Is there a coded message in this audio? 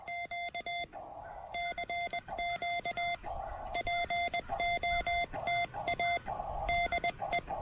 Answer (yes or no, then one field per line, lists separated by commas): yes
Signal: Morse code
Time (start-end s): 0.1-7.4 s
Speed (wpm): 20 wpm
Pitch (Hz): 2100 Hz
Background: none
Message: Q CQ POTA DE